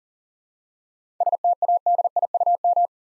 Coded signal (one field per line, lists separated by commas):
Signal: Morse code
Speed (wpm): 41 wpm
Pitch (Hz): 700 Hz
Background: none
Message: STADIUM